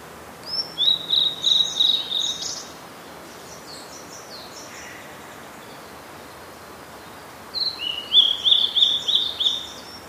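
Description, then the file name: Blue-and-white Flycatcher song: two high whistled phrases, each opening with a slurred note and running into several quick repeated notes, separated by a pause of several seconds. "oruri"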